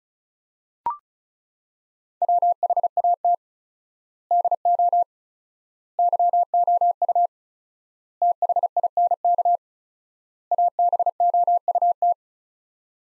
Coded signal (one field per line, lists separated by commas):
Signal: Morse code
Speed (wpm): 34 wpm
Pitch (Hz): 700 Hz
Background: none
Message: WHAT DO YOU THINK ABOUT